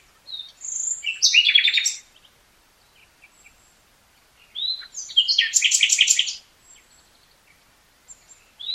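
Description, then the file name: Common nightingale song in two phrases a few seconds apart, each starting with thin whistles and building into a loud, rapid burst of repeated buzzy notes. "Luscinia megarhynchos"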